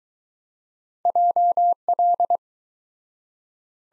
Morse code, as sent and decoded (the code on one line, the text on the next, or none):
.--- .-..
JL